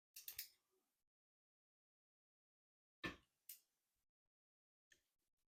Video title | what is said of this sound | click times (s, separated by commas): Porsche Manual Transmission Rebuild Step by Step. G97/01 | so we're going to use until we hear a click | 3.5 s